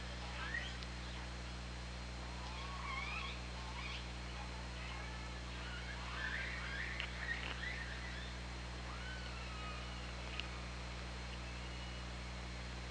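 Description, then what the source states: Killer whale calls, a run of overlapping squeals, upswept cries and clicks through most, over a steady low hum and hiss. OrcaLab hydrophone recording, 24 August 2017, 13:09.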